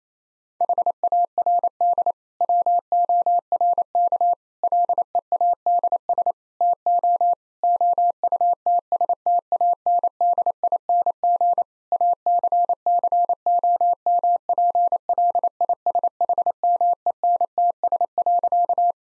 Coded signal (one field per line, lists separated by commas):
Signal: Morse code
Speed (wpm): 28 wpm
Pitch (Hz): 700 Hz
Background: none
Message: HARD WORK LEADS TO OUTSTANDING ACCOMPLISHMENTS.